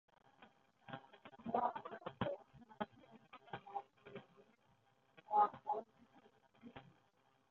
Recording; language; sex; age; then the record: spoken sentence; Brazilian Portuguese; female; 30 to 39 years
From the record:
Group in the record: control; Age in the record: 33 years